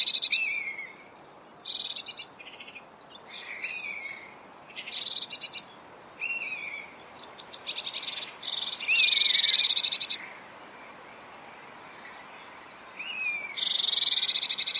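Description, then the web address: Eurasian blue tit: bursts of harsh buzzy churring come again and again, with thin high notes and short slurred whistles between them. "Deverinetal 2025 File origin Bird Only Cy Ca"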